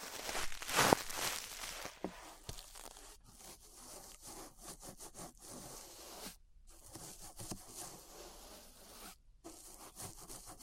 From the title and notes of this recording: ASMR Relaxing 3Dio Ear Brushing (No Talking).